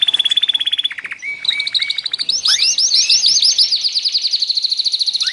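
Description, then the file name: Canary song opening with a fast pulsing trill, then sweeping notes and a long rapid high rattle of repeated syllables. Canary trio master recording, used for training songbirds. "kenari trio masteran omkicau"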